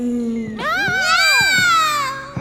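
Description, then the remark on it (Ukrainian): A human voice imitates a cat's meow: after a low hum, a long drawn-out, rising-then-falling wail with bright harmonics stretches for nearly two seconds. “Я дзікая, прашу прабачэння, але я гуляю сама па сабе! Мяу!”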